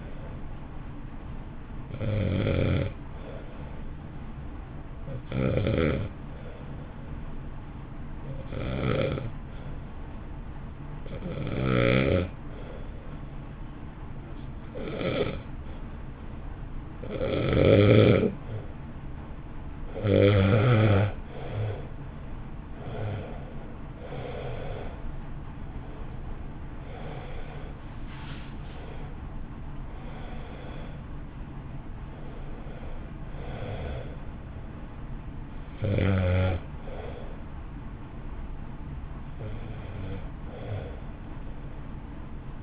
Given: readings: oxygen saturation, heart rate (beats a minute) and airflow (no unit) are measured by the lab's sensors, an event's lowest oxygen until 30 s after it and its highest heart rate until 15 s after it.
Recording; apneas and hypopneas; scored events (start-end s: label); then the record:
breathing in sleep by a smartphone at the bedside; 1
4.00-24.90 s: hypopnea (N1, oxygen 94% highest, then 86% lowest, heart rate 52 at the start, 62 highest)
41.00-42.63 s: new sleep stage, awake
From the record:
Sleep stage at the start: N1 (lightest sleep); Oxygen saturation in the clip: 86 to 94%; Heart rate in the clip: 51 to 62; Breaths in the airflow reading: 14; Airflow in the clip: -1.4 to 1.4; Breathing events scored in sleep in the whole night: 328 in 6.3 hours asleep